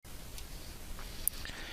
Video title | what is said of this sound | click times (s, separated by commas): WSI Mammoet Scheuerle Trailer by Cranes Etc TV | Adding the metal deck plates is easy, they just pop into place. | 1.3 s